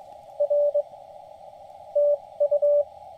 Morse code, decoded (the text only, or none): R TU